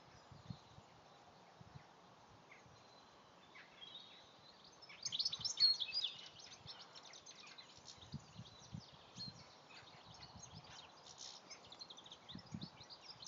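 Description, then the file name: European goldfinch calls: a short burst of bright, tinkling twitters midway through, with scattered faint high chirps and soft low rumbling noise around them. "Carduelis carduelis"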